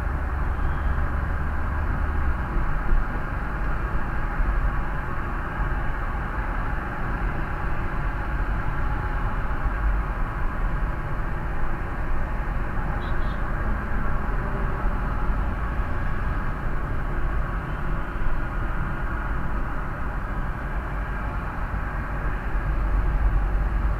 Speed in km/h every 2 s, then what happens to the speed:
44, 47, 49, 49, 47, 46, 49, 51, 52, 47, 43, 40.
0-10 steady at about 47. 10-17 speeds up to 52. 17-24 slows to 40.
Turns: none.